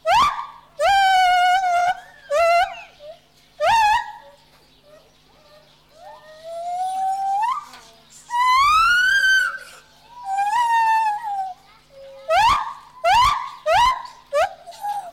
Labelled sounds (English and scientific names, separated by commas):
Lar Gibbon (Hylobates lar)